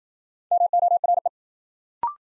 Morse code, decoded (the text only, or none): MORE